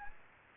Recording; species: mosquito wingbeat signal from an infrared sensor; Aedes aegypti